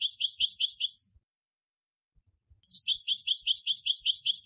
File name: Carduelis carduelis